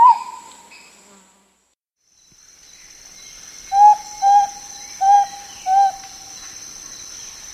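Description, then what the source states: Spotted antpitta giving four pure whistled notes in an even series, preceded by a brief higher whistle and followed by steady insect buzzing. South America.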